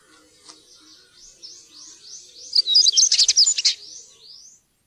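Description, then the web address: European stonechat song: a series of thin rising whistled notes, then a bright scratchy warbling burst near the middle before trailing off into soft high notes. "fuglelyder- svartstrupe"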